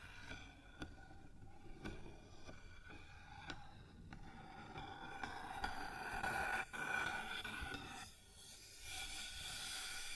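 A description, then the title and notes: Sounds on a wooden surface: sharp taps and knocks land every second or so over a continuous gritty scraping, like something rubbed or dragged across the wood. Around six to seven seconds the scrape rises into a thin squeal before easing into a steadier rasp. ASMR Sounds on Wooden Surface (No Talking).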